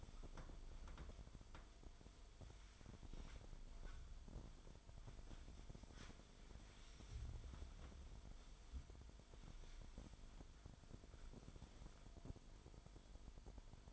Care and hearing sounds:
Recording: daily activity, microphone in the room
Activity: wipe stove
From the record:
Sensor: 5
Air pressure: 1003.4 hPa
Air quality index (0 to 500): 142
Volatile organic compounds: 2 ppm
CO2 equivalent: 1031 ppm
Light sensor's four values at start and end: 33/74/33/38 and 34/77/34/39

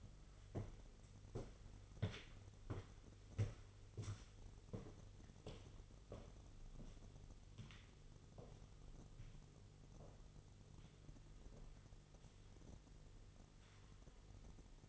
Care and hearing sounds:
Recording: daily activity, microphone in the room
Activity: walk to room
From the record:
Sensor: 4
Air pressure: 989.0 hPa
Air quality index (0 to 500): 201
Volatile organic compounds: 47 ppm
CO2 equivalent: 3261 ppm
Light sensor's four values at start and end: 28/97/36/38 and 29/99/37/39

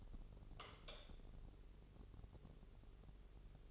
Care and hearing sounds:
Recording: daily activity, microphone in the room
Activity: light on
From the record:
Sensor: 4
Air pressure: 996.1 hPa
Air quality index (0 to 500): 61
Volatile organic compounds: 2 ppm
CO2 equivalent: 1091 ppm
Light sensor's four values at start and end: 15/34/13/13 and 18/46/18/18

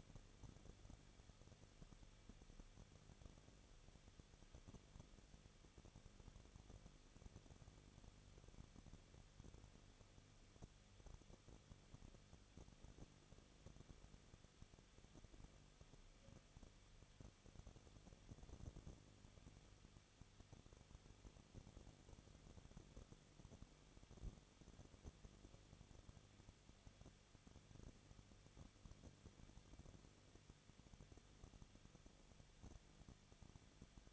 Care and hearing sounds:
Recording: daily activity, microphone in the room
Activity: no activity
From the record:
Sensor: 4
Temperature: 23.1 degrees Celsius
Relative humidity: 34.0%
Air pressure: 1007.1 hPa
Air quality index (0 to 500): 216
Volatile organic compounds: 15 ppm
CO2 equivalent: 2501 ppm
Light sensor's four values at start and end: 2/3/1/1 and 2/3/1/1

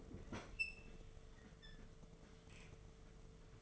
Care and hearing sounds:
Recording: daily activity, microphone in the room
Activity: open fridge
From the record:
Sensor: 4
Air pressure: 1015.8 hPa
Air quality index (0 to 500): 189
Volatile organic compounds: 9 ppm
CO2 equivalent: 2178 ppm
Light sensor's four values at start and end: 11/25/10/10 and 8/18/7/7

